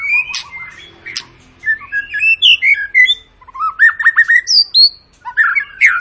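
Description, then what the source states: White-rumped shama song with sharp clicks, rich whistled phrases and a quick series of rising notes, broken by short pauses. Long, lively (gacor) lure song to make birds sing.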